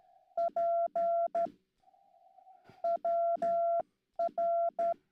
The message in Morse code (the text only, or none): P WR